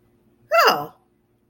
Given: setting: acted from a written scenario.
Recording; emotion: vocal sound without words; positive surprise